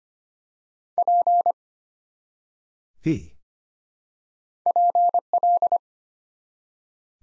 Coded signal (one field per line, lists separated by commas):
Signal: Morse code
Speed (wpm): 25 wpm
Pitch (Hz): 700 Hz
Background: none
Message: P PL